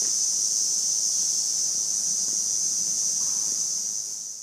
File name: Lyristes bihamatus